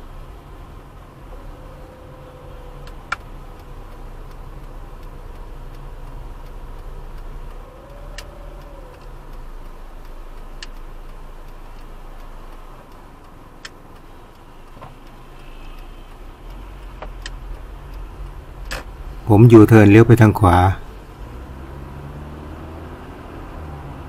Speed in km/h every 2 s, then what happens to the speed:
16, 14, 13, 12, 7, 4, 0, 0, 6, 10, 13, 21.
0-11 slows to 0. 11-15 standing. 15-24 pulls away to 21.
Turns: none.